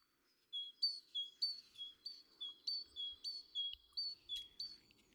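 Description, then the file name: Great tit giving one long strophe of several quick, clear, high two-note whistled phrases, evenly repeated. "Parus major"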